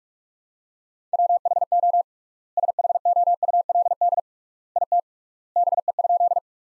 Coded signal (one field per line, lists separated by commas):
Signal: Morse code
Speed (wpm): 46 wpm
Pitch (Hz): 700 Hz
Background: none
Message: WHO SHOULD IT BE?